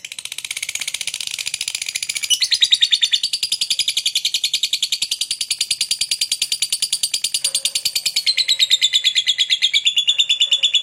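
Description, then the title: Lovebird in a fast, continuous chatter of rapid buzzy chirps, with a shift in pitch after two seconds and again near eight seconds. Lovebird described as very skilled at memancing, baiting other birds into calling. "Dari Gayanya Lovebird Ini Terlihat Pintar Sekali Memancing"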